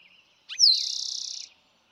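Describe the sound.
Eastern towhee singing one phrase: a brief introductory note and a sharp falling whistle that breaks into a rapid, even, buzzy trill, with a faint bird calling before it.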